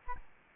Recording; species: mosquito wingbeat signal from an infrared sensor; Aedes albopictus